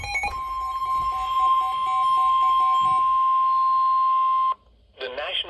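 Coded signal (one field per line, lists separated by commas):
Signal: Emergency Alert System (SAME) tones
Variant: 1050 Hz attention tone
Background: speech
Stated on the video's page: Compilation of severe storm and tornado warnings received from several NOAA weather radio transmitters in Ohio, Kentucky, Indiana and Pennsylvania.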